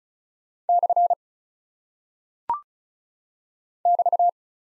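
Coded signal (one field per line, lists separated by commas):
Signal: Morse code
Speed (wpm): 36 wpm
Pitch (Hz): 700 Hz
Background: none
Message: / <BT>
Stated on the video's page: Morse practice of punctuation and prosign characters at 35 wpm; each is sent, spoken, then sent again for head-copy.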